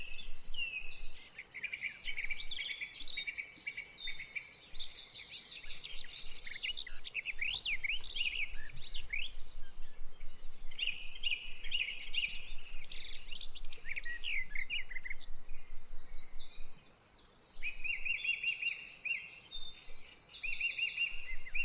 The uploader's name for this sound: Authentic Bird Sounds